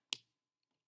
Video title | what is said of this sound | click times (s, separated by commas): Line art! | again snap the marker and listen for the snap good | 0.1 s